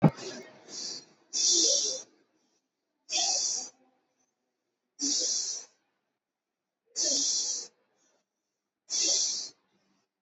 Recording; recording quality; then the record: deep breathing; excellent, no background noise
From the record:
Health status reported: COVID-19 positive, mild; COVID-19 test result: positive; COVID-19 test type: RT-PCR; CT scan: not taken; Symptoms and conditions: sore throat, hypertension, diabetes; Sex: male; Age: 50 years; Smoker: no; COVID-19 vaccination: both doses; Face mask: not worn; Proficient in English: yes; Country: India